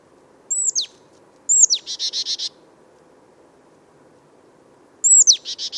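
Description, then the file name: Marsh Tit giving three sharp, high downslurred notes; the second and third are each followed by a quick run of harsh, buzzy 'dee-dee-dee' notes, over a faint low hum. "Poecile palustris"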